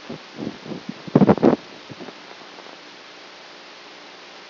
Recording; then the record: brain microelectrode recording played as sound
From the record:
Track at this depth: outside the subthalamic nucleus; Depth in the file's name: 6.001 mm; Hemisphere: right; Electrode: 2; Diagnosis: Parkinson's disease